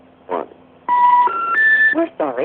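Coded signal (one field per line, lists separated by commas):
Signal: telephone call progress tone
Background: speech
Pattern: special information tone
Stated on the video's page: Vintage step-by-step central office audio: AM-modulated ringbacks, reorder tone interrupted by motor-driven interrupters, relay clicks, pulse dialing, severe inductive crosstalk and office hum.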